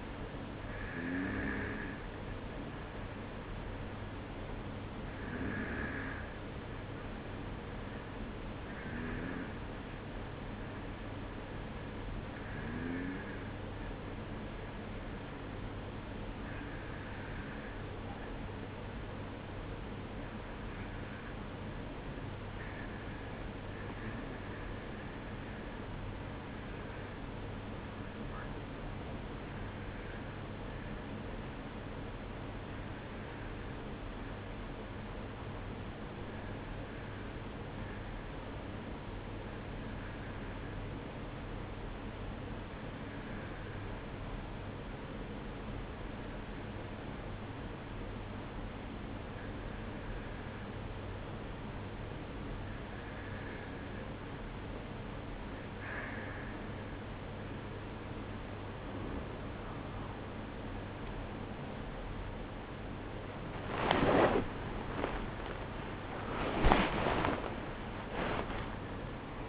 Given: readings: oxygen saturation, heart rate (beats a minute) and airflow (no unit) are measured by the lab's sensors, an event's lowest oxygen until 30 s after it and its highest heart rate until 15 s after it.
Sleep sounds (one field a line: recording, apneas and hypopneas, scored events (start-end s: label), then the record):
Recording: breathing in sleep by a voice recorder at the bedside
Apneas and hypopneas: 1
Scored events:
3.00-63.00 s: new sleep stage, N2 (light sleep)
26.00-57.60 s: hypopnea (N2, oxygen 95% highest, then 92% lowest, heart rate 55 at the start, 80 highest)
63.00-69.49 s: new sleep stage, awake
65.00-69.49 s: awake
From the record:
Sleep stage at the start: N1 (lightest sleep)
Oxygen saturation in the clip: 92 to 95%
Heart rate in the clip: 52 to 76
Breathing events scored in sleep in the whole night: 305 in 9.6 hours asleep